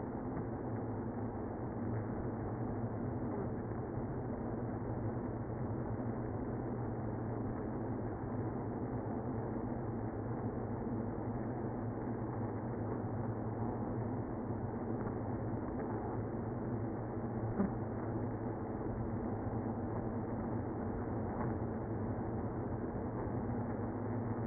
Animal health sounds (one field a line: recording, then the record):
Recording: honeybee colony, microphone inside the hive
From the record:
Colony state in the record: queenless (queen removed)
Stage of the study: after two queens were removed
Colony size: about 60,000 bees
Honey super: yes